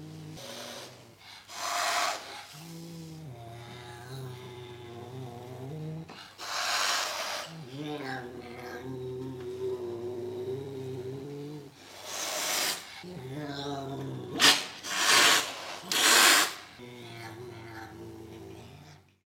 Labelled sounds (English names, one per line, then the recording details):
Serval
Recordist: Tembrock, Günter